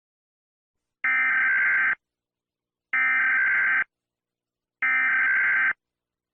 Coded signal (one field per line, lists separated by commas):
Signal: Emergency Alert System (SAME) tones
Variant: header bursts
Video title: EAS Scenario #9 The Finale (The Longest Eas Scenario Video Ever)